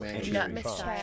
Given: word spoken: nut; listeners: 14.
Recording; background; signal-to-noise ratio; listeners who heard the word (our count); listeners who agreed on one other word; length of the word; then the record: one English word in noise, from a listening test; four-talker babble; 0.2 dB; 3 of 14; 7 of 14; 0.63 s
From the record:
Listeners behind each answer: 7, 3, 2, 1, 1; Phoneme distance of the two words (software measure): 7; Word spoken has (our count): 1 syllable, 3 phonemes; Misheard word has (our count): 1 syllable, 4 phonemes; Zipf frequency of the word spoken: 3.99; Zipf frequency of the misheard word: 4.32